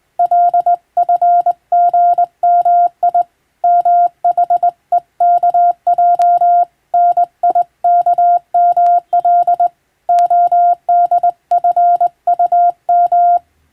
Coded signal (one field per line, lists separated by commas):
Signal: Morse code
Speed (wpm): 20 wpm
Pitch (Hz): 700 Hz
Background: none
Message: LFGMI MHEKJ NIKML ODFUM